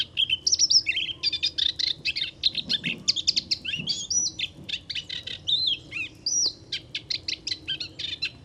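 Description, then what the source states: Moustached warbler song: a fast, varied stream of dry ticking notes mixed with clear whistled slurs, running continuously. Singing in a reedbed along Chemin de Fangassier, Camargue, 23 March 2019; no wind; bird hard to see in the reeds; recorded with Wildtronic parabola, MKH8020 microphone and MixPre-3.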